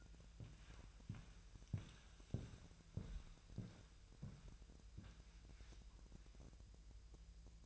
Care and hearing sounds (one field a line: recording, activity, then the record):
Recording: daily activity, microphone in the room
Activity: walk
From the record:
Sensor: 2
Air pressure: 1001.9 hPa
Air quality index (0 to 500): 231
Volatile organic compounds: 60 ppm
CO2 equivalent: 3412 ppm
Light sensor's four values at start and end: 7/16/7/7 and 7/16/6/7